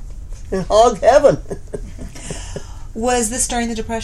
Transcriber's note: laughs